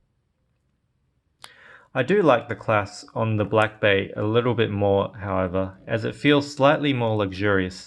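A folding deployant clasp on a steel dive watch bracelet is operated and snaps shut with one sharp click at 1.4 seconds, seating closed. Someone then talks.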